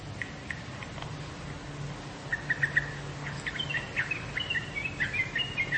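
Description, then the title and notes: Bird chirps, short high notes in loose bursts, getting busier in the second half over a steady low rumble and background noise. "Bird Sound. Kicau Burung Lengkap"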